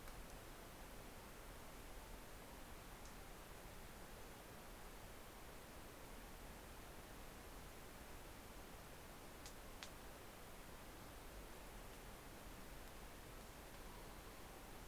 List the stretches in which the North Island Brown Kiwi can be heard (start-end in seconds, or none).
none